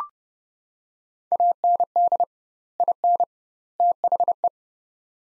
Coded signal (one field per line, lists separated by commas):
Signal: Morse code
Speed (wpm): 30 wpm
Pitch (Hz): 700 Hz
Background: none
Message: AND IN THE